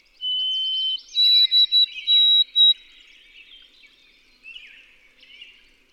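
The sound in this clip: White-throated sparrow song: a long, steady whistled note, then a series of higher, clear whistles in short pulses, with soft chattering of other birds behind.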